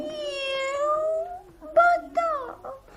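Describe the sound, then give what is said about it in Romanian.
A cat meows three times: first a long, drawn-out mew whose pitch slowly climbs, then two shorter, sharper meows in quick succession, fairly loud with nothing else behind them. “pisicuța mea, tu nu ai să ne spui nimic?”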